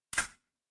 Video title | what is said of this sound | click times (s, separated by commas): AGORA models Optimus Prime Box 2 | oh snaps right in just like that nice loud snapping sound | 0.1 s